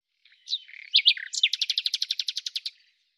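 Bird song that opens with a few varied high squeaks and slurred notes, then runs into a long series of rapid, evenly repeated notes.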